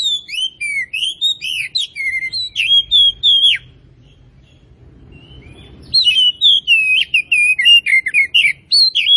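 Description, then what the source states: Oriental magpie-robin singing loud, varied whistles and rising-falling slurred notes in quick succession, a short quiet gap midway before the song resumes. Kacer Tretes variety, described as gacor (singing vigorously and continuously).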